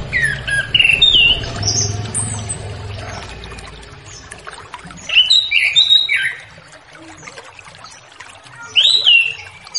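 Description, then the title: Orange-headed thrush song in three bursts of warbled, whistled phrases separated by pauses, with a low rumbling hum early on. Relaxed 'ngeplong' song style, used as a lure for a loose spotted orange-headed thrush. "Anis Kembang Ngeplong Santai , Untuk Pancingan Anis Kembang Lepas Trotol"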